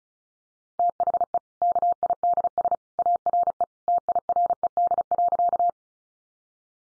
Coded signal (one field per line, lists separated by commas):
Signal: Morse code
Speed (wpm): 34 wpm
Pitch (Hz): 700 Hz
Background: none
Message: THE KIDS ARE TIRED.